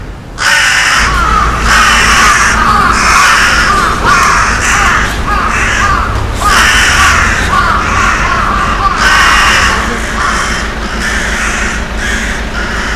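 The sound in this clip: Crow giving loud, rasping caws in quick repeated series, with brief gaps between bouts and low background hum.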